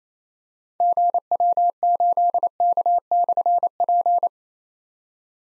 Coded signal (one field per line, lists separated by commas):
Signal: Morse code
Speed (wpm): 29 wpm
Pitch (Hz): 700 Hz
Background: none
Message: GW8K/P